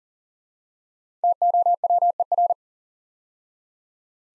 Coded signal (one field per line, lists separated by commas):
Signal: Morse code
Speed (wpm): 39 wpm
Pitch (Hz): 700 Hz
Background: none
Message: TOWER